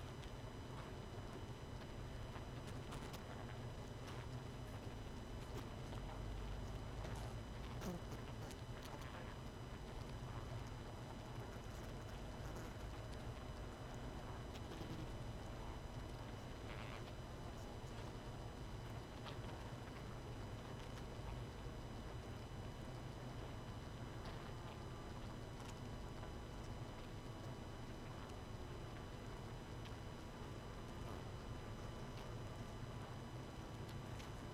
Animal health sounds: honeybee colony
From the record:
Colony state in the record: missing queen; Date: 31 May 2018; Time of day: 21:54

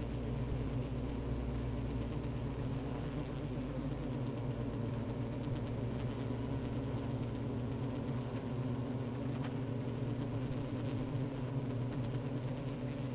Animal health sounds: honeybee colony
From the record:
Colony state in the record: active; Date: 28 July 2017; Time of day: 15:41

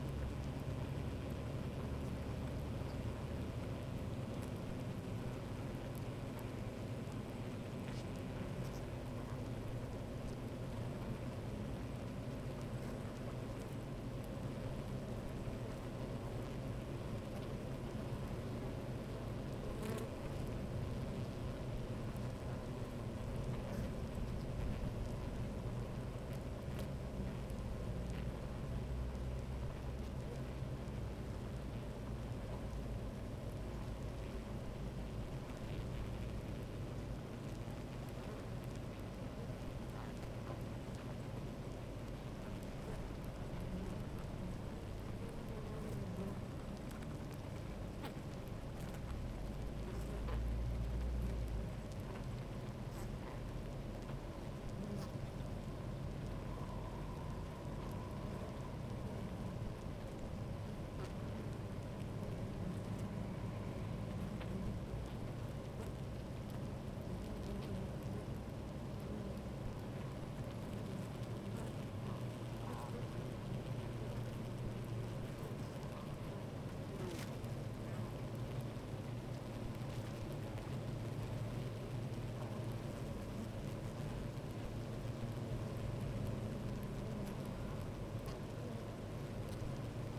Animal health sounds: honeybee colony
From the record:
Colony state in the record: active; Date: 28 July 2017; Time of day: 12:30

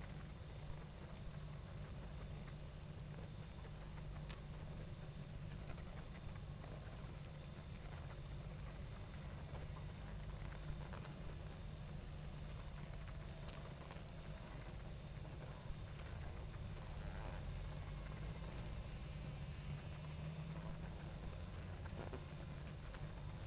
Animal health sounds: honeybee colony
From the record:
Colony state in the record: active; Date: 28 July 2017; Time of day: 20:17

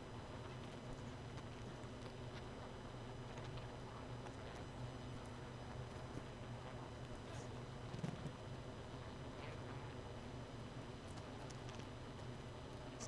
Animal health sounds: honeybee colony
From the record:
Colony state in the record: missing queen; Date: 31 May 2018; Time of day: 2:05

